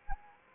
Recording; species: mosquito wingbeat signal from an infrared sensor; Anopheles arabiensis